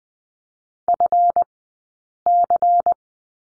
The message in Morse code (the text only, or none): FC